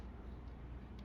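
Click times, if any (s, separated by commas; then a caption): none. A lightsaber chassis is being turned backwards in a metal hilt to find the thread start, heard only as a steady low rumble with a faint brief tick near the end. The chassis is handled but not yet home: nothing has seated or clicked yet.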